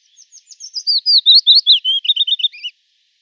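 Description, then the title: Willow warbler song building from faint notes to a loud, liquid descending cascade of whistles, finishing with quick wavering notes. "Sylvain Jaskowiak - Mes piafs. Pouillot fitis"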